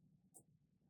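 Thread is pushed into the slot between two gray plastic pieces on the needle threader guide of a Brother PE570 embroidery machine. A short, sharp click rises above a low hum at 0.4 s. The thread seats in place in the guide.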